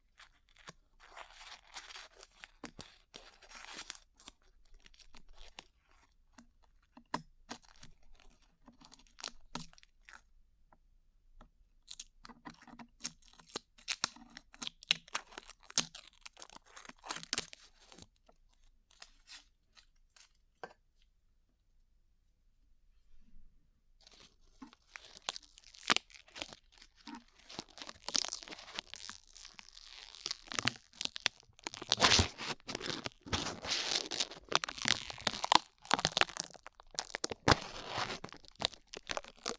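Glue being peeled off ears, heard as sticky crackles, clicks and small tearing sounds in uneven bursts. The first twenty seconds are sparse, with short silent gaps near 11 and 21 seconds. After about 24 seconds the peeling becomes louder and denser, crackling almost continuously.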